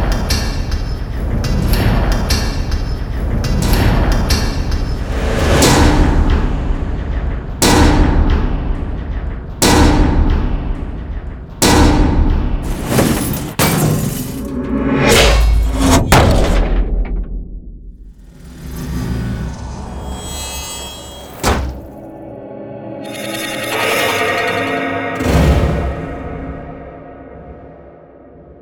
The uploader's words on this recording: Designed metal sound FX. Created from field-recordings. Recorded with a Neuman RSM191 and a stereo setup of Barcus Berry 4K contact mics.